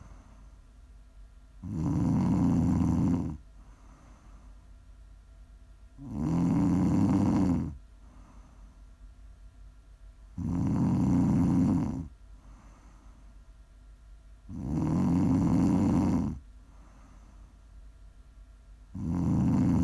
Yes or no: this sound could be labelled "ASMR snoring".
yes